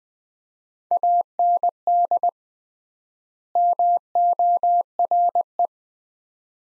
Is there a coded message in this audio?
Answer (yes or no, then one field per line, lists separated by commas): yes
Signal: Morse code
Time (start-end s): 0.9-5.7 s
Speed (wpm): 20 wpm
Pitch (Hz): 700 Hz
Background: none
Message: AND MORE